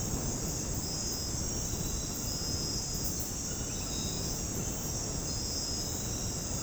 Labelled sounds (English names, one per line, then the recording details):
none
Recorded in dense forest near Puerto Asís, Putumayo, Colombia, on 21 February 2024 at 00:30
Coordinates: 0.486, -76.316
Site G6437